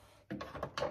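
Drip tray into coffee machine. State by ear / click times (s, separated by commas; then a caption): not seated / none. A plastic drip tray, which catches coffee that occasionally drips down, is slid under a coffee machine. Sliding, drawer-like scrapes and knocks come in bursts at about 0.3, 0.4, 0.6 and 0.8 s. Nothing has seated or clicked into place yet.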